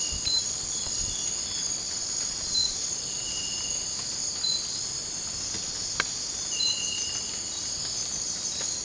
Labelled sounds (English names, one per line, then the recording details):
none
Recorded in dense forest near Puerto Asís, Putumayo, Colombia, on 20 December 2024 at 02:30
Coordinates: 0.466, -76.327
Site G075